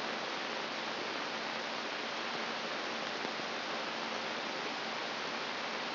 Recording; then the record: brain microelectrode recording played as sound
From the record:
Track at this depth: inside the subthalamic nucleus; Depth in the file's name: 2.348 mm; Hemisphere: right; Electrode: 3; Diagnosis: Parkinson's disease